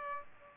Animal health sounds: mosquito wingbeat signal from an infrared sensor; Aedes aegypti

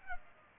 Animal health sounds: mosquito wingbeat signal from an infrared sensor; Culex pipiens

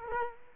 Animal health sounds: mosquito wingbeat signal from an infrared sensor; Culex quinquefasciatus

